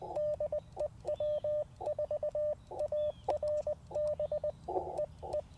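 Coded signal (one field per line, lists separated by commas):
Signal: Morse code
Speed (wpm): 20 wpm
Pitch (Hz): 600 Hz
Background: radio noise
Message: DE W4ARB EE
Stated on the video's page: QRP CW Parks on the Air activation from an Icom IC-705 with a magnetic loop antenna and paddles.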